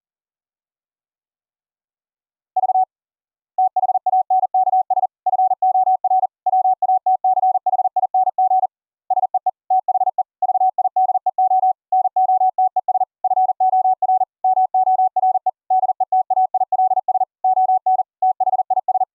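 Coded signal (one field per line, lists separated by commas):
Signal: Morse code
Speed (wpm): 40 wpm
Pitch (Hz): 750 Hz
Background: radio noise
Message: V THANKS FOR WATCHING SEE THE VIDEO NOTES FOR MORE DETAILS ON THIS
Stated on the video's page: CW audio generated by fldigi software and sent over the internet to another operator with Opus codec encoding.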